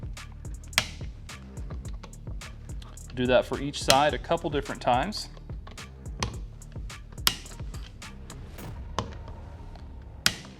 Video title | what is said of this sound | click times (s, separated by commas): Installing your Crimson Trace RAD or RAD Pro | and then we're going to turn the torque wrench until we hear that click | 0.8 s